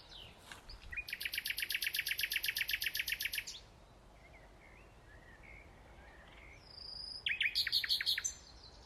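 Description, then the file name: Common nightingale delivering a long, fast rattle of identical repeated notes for over two seconds, a few soft whistles, then a second rapid burst near the end. "Luscinia megarhynchos"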